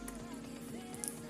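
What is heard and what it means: A battery is slid into the empty bottom compartment of a DJI Osmo Action camera body over steady background music. A short, sharp click at 1.0 s marks the battery locking into place, confirming it is seated.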